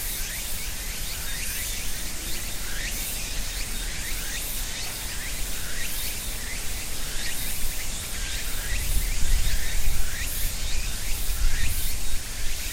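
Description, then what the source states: Cicadas buzz steadily in rapid repeated pulses while a low engine-like rumble swells toward the end. Cicadas and other insects at end of summer in ornamental cherry trees between a small river and residential neighborhood, Japan; about 13:00; traffic, rice harvester audible; Sony PCM-M10, quasi-binaural EM172 mics on tree trunk.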